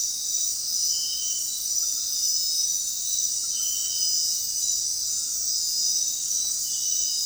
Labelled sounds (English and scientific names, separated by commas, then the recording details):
none
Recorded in dense forest near Puerto Asís, Putumayo, Colombia, on 21 February 2024 at 22:00
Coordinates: 0.466, -76.327
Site G6413